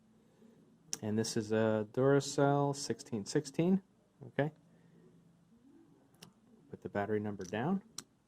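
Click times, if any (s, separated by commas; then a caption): none. A Duracell 1616 coin cell battery is handled, number side down, over the holder of a 2008 CR-V car remote key fob while someone talks, with a few faint sharp ticks. The battery has not snapped into the holder yet; nothing has seated or clicked.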